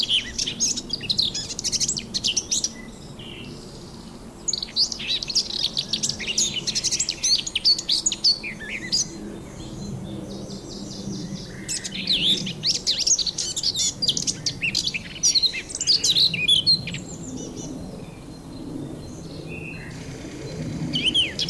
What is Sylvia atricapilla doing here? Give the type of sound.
song